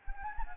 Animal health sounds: mosquito wingbeat signal from an infrared sensor; Anopheles gambiae

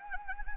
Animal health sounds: mosquito wingbeat signal from an infrared sensor; Anopheles arabiensis

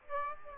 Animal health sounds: mosquito wingbeat signal from an infrared sensor; Aedes aegypti

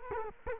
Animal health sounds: mosquito wingbeat signal from an infrared sensor; Culex quinquefasciatus

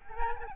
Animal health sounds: mosquito wingbeat signal from an infrared sensor; Aedes albopictus

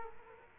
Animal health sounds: mosquito wingbeat signal from an infrared sensor; Culex quinquefasciatus

